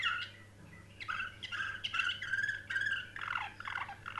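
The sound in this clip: Canary singing a string of quick, slightly harsh chattering phrases and rolled notes after a short pause, with a faint hum behind.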